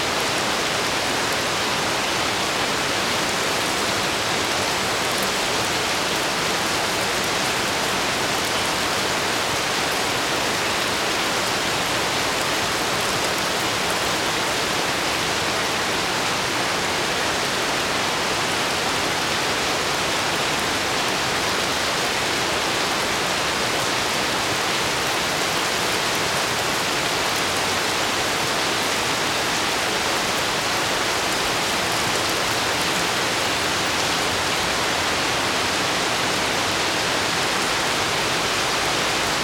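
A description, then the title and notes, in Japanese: Rain falls steadily in the Scottish Highlands, a dense, even hiss that holds the same level for the whole stretch. Countless fine drops blur into one continuous wash, brightest in the upper range, with a soft low rumble underneath and no distinct events standing out. スコットランド高地の心地よい雨音。一定でリズミカルな雨の音。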